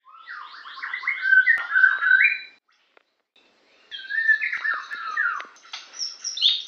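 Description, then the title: White-rumped shama singing a rapid sequence of sweeping whistled notes, then a short silence and a second burst of varied, slurred phrases. "murai batu"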